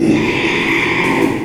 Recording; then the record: squeal of a Yucatan mini pig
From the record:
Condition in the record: after surgery on the right vocal fold (resection and tissue-engineered implant); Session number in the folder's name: 1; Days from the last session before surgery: 6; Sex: male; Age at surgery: 12 weeks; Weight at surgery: 13 kg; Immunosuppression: cyclosporine, prednisolone